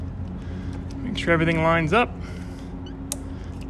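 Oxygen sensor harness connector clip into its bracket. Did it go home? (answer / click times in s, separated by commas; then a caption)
yes / 3.1 s. A 2006 Trailblazer's oxygen sensor harness connector clip is lined up and pushed back into its bracket during an O2 sensor replacement for code P0030, while someone talks over a steady low hum. A single sharp click at 3.1 seconds shows the clip has seated.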